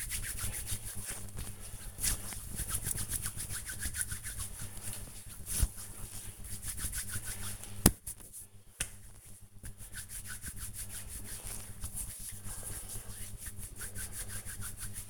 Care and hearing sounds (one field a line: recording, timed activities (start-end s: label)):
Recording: household activities, microphone on the right wrist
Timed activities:
0.00-13.54 s: disinfecting hands